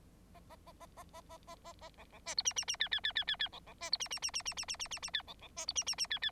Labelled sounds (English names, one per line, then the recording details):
Bengalese Finch song
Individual Bird9